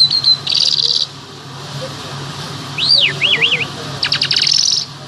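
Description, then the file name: Bimaculated lark with a buzzy trilled phrase, then looping wavering whistles rising and falling, and a rapid dry rattle at the end. "sound black bimaculated lark"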